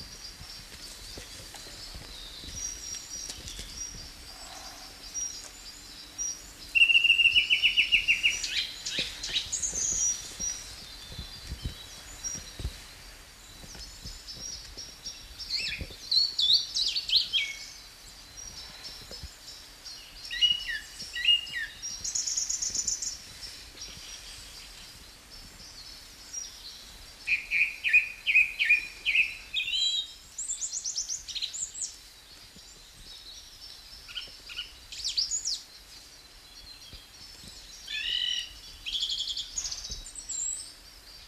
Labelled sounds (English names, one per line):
Song Thrush song